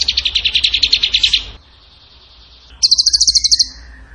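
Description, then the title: Bird song: a fast pulsing trill, a faint thin tone, then a second, higher rapid trill. Masteran training recording; tembakan gacor song style. "Masteran Burung Tembakan Gacor"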